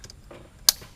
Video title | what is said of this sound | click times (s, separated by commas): F350 6.7L Fuel Filters replacement. | heard the click there | 0.7 s